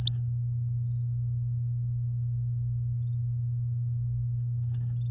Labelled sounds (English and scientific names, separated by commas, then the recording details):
Domestic Canary (Serinus canaria) song
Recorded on 9 May 2018 at 12:18
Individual llb16